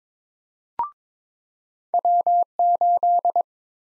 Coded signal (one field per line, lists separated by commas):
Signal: Morse code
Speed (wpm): 22 wpm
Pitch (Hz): 700 Hz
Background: none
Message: W8